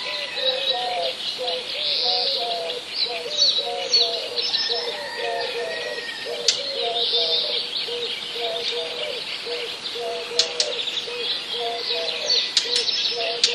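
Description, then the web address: Eurasian collared dove cooing in repeated low phrases throughout, beneath a dense bed of high chirping and twittering from small birds. Recorded in a village. "wroblowe kolekcja sierpowkiwewsi"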